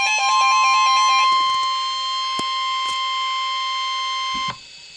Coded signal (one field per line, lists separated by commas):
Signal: Emergency Alert System (SAME) tones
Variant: 1050 Hz attention tone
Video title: EAS Alert #285- Severe T-storm Warning 5/30/13